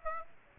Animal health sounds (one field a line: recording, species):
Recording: mosquito wingbeat signal from an infrared sensor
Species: Aedes aegypti